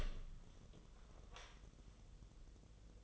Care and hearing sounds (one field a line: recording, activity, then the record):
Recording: daily activity, microphone in the room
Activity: open door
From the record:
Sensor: 4